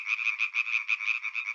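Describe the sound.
European tree frog calling: a rapid, rattling run of harsh pulses, about six per second, held steady throughout with no other sounds.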